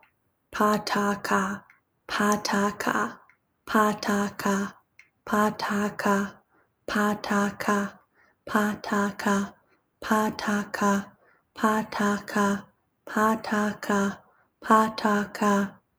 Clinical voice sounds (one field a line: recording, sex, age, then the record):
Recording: repeated syllables /pa ta ka/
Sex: female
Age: 20 to 29 years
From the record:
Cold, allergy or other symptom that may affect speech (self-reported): no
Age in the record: 21 years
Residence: Michigan, United States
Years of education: 15